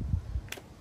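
An iPhone 15 Pro Max is pressed into a Crave Stand Case, a frosted clear case with black rubber edging, over a soft low rumble of handling. A single short, bright snap is heard at 0.5 s as the phone seats easily in the case.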